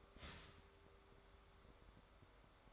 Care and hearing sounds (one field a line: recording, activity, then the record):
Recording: daily activity, microphone in the room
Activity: start toaster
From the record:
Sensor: 3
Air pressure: 1014.7 hPa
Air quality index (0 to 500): 200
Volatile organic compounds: 26 ppm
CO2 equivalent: 2860 ppm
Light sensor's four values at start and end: 4/10/4/4 and 4/10/4/4